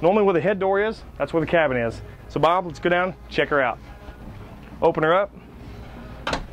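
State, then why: Seated. Someone talks, then the hidden cabin access hatch in the open bow of a 2011 sport boat, which leads to a full-beam mid-berth cabin where the head door normally is, is lifted open. Its stay locks in the open position with a single sharp click at 6.3 s.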